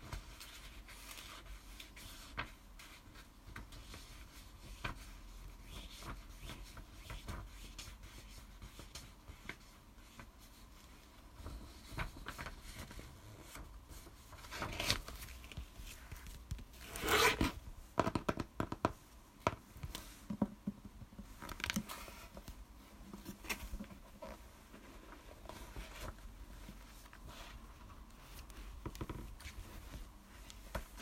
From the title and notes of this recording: Asmr tapping// no talking.